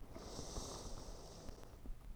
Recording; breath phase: one breath near a microphone; inhalation